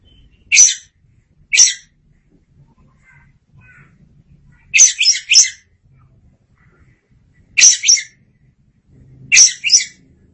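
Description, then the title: Oriental magpie-robin uttering short scratchy, rasping note clusters, single or paired, repeated at irregular intervals over a quiet background. Kacer (Oriental magpie-robin) song. "Suara Kicauan Burung Kacer"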